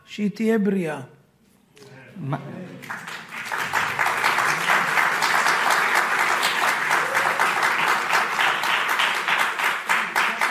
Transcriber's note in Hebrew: מחיאות כפיים